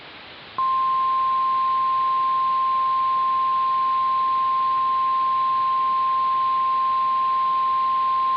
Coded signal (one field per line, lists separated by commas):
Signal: Emergency Alert System (SAME) tones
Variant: 1050 Hz attention tone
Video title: EAS Scenario #1: Power Plant Issues!